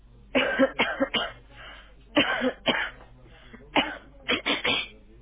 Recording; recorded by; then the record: voluntary cough; telephone call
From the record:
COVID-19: negative